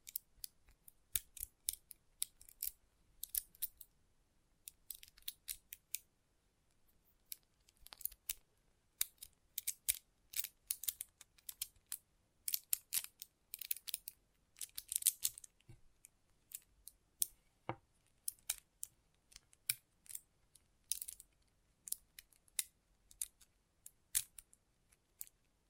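Magnetic tingles come as a stream of sharp, bright clicks and snaps, like small magnets knocking together or scissors closing. They arrive in irregular clusters, sometimes rapid flurries and sometimes single taps, with brief silent gaps between. A denser, louder run occurs around fifteen seconds.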